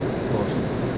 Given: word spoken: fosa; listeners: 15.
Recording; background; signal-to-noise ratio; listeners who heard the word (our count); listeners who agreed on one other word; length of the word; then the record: one Spanish word in noise, from a listening test; speech-shaped noise; -6.6 dB; 1 of 15; 6 of 15; 0.58 s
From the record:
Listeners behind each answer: 6, 1, 1, 1, 1, 1, 1, 1, 1, 1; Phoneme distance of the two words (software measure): 17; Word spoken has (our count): 2 syllables, 4 phonemes, stress on syllable 1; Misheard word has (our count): 2 syllables, 5 phonemes, stress on syllable 1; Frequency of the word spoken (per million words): 5.15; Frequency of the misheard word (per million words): 390.53